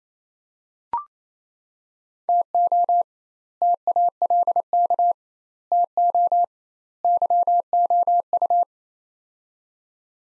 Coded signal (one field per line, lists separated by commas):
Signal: Morse code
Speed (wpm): 28 wpm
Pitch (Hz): 700 Hz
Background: none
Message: TO TALK TO YOU